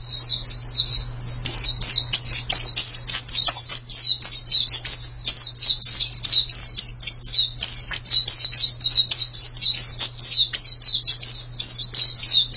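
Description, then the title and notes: White-eye singing a fast, steady chatter of high chirping notes, continuous throughout, with a faint low steady hum beneath. "Suara kicauan burung pleci"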